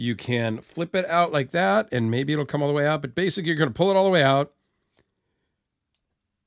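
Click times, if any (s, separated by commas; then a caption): 6.0 s. Someone talks for about four and a half seconds about the steel blade of an automatic out-the-front knife that has come off its track after firing into a hard surface. Then a short, faint click sounds at 6.0 s as the blade, pulled all the way out by hand, locks back into place in the handle.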